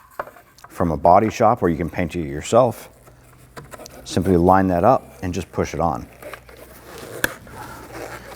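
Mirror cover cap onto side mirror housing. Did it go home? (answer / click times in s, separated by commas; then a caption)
yes / 7.2 s. Someone talks while a painted plastic mirror cover cap for a 2010-2019 Ford Taurus is lined up and pushed onto the side mirror housing. A single sharp snap at 7.2 s marks the cap seating into place.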